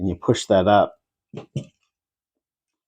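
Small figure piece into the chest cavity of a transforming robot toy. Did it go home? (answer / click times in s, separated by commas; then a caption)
yes / 1.6 s. Someone talks, then a small figure piece inside the opened chest cavity of a transforming robot toy from the Transformers Buzzworthy Bumblebee Ironhide and Prowl 2-pack is pushed up. Two short plastic-sounding clicks follow at 1.4 s and 1.6 s, with a faint tick at 1.8 s. The piece snaps into place at 1.6 s and is seated.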